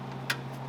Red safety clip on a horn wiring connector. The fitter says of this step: the back and you'll hear it click once that is released then you can press on the little tab